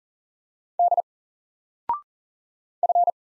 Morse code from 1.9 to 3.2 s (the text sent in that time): F